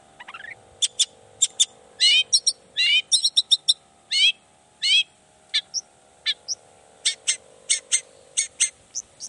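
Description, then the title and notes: Long-tailed shrike song, a varied run of sharp chirps, rasping buzzy phrases and high whistled notes, with a steady low hum underneath. Cendet song with toet toet variations, in the morning; described as lively and calling to provoke other shrikes to answer. "Cendet Gacor Dor Di Kala Pagi Toet Toet Variasi Suara. Cendet Gacor Pagi Hari Biangnya Bikin Cendet Manapun Langsung On Nyaut Buka Materi. Burung cendet"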